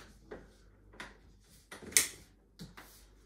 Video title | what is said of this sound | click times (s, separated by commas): Kinderkraft Nubi 2: Unboxing and Assembly | and you're just going to slot it in right here till clicks into place | 2.0 s